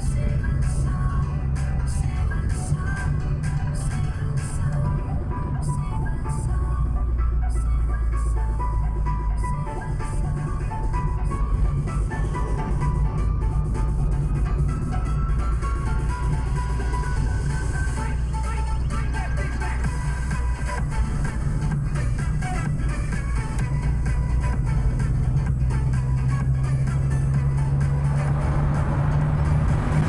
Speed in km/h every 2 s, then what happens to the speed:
59, 59, 56, 52, 47, 44, 46, 49, 53, 55, 55, 54, 56, 61, 68.
3-11 slows to 44. 11-18 speeds up to 55. 18-23 steady at about 55. 23-30 speeds up to 68.